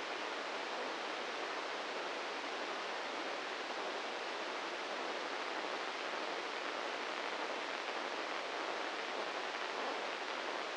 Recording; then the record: brain microelectrode recording played as sound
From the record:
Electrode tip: inside the subthalamic nucleus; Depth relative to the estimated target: 1 mm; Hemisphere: right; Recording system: NeuroSet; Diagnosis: Parkinson's disease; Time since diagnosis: 15 years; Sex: male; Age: 65 years